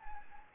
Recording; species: mosquito wingbeat signal from an infrared sensor; Anopheles gambiae